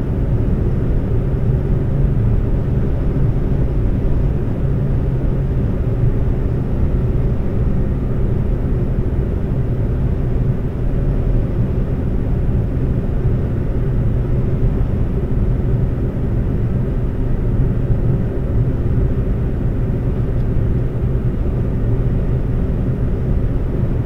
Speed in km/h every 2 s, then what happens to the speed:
129, 129, 129, 129, 127, 127, 127, 127, 127, 127, 127, 127.
0-24 steady at about 127.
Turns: none.